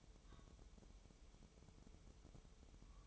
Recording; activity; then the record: daily activity, microphone in the room; take from stove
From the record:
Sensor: 1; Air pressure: 988.3 hPa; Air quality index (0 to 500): 201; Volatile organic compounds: 1000 ppm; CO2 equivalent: 5397 ppm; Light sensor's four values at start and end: 26/97/37/39 and 26/97/37/39